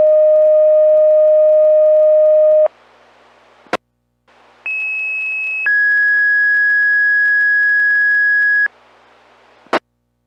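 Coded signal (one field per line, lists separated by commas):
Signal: two-tone page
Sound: steady low tone about 2.5 s, pause, then high tone 1 s and mid tone 3 s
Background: radio static clicks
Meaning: Sequential tones activate fire department pagers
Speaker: Carroll County fire controlled all home monitor weekly pay dirt on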